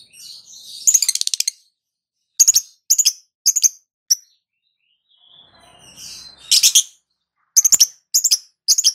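Lovebird giving a rapid chirp burst, then sharp shrill calls in short groups, with soft twittering between them.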